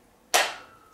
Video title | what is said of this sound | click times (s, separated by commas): Are Lock-Jaw Collars Good for Home Gym Owners? | that's good it's locking in place and I feel more secure | 0.3 s